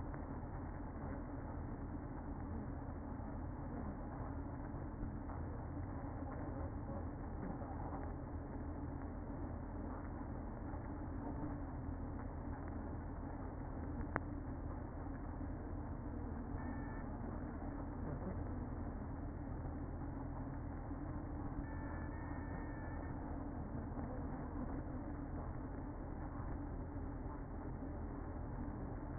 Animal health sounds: honeybee colony, microphone inside the hive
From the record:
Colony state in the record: queen present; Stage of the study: after two queens were removed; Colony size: about 60,000 bees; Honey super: yes

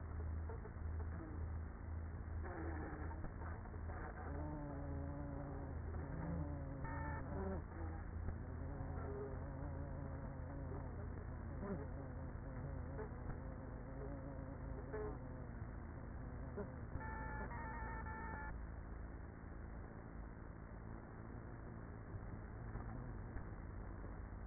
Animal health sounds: honeybee colony, microphone inside the hive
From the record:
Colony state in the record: queenless with a low population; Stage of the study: after two queens were removed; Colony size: about 30,000 bees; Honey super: no

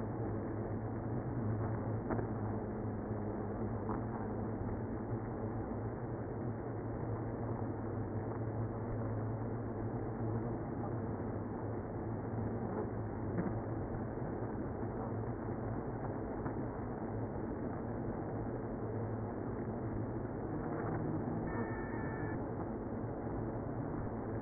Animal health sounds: honeybee colony, microphone inside the hive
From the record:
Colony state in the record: queenless (queen removed); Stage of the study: after two queens were removed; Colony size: about 60,000 bees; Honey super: yes

